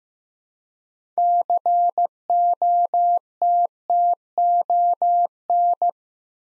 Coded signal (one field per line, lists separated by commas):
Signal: Morse code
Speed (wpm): 15 wpm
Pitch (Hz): 700 Hz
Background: none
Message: COTTON